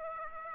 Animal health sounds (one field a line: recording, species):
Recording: mosquito wingbeat signal from an infrared sensor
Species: Aedes aegypti